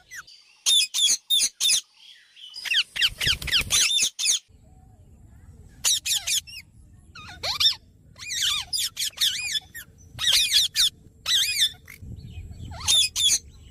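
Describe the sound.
Bird calls: fast bursts of scratchy chattering squawks, repeated throughout, with low background noise for much.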